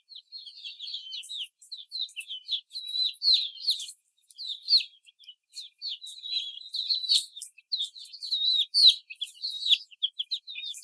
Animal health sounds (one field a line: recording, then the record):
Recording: young laying hens in a cage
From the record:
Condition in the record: before the stressor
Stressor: simulated dog barking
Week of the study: 4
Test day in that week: 3